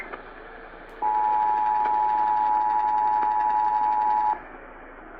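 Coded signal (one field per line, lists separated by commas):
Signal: Emergency Alert System (SAME) tones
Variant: 853 and 960 Hz attention tone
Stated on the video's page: Blue alert update relayed on an AM radio station.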